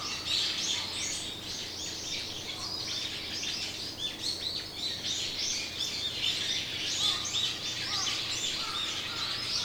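Bird chorus of rapid high chirps and trills filling the whole stretch, with scattered lower whistled notes appearing in the second half.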